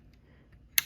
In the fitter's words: shooter itself as you hear it click into place